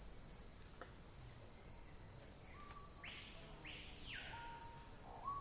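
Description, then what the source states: Screaming piha, a quieter call of low held notes and arched whistled sweeps, partly masked by a loud, steady, high-pitched insect chorus. Wild birds in the Amazon Basin rainforest, area of dense canopy but sparse undergrowth, on a calm afternoon, calling amid an insect and frog chorus.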